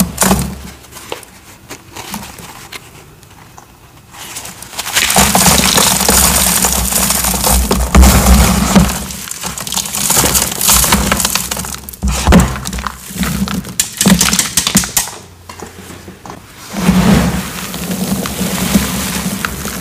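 Chalk bombs are crushed, dense gritty crunching and crumbling in bursts, with a pause near four seconds.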